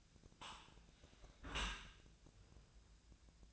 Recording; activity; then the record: daily activity, microphone in the room; close dishwasher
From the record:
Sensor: 2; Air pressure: 1000.3 hPa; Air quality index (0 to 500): 160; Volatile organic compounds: 3 ppm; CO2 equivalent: 1330 ppm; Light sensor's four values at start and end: 13/36/14/16 and 13/36/14/16